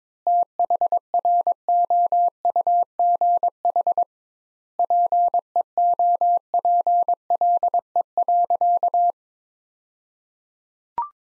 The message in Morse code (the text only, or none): THROUGH PEOPLE.